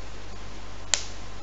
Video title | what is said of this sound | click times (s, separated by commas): J'ai testé les couches lavables TE2 | un un booster un booster qui vient se clipser sur | 0.9 s